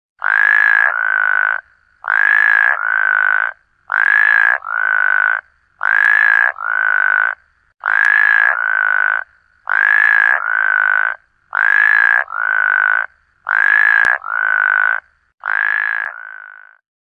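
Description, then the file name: Frog croaking loudly in steady double bursts, each harsh paired croak repeated about every two seconds with no other sounds. "tieng ech keu"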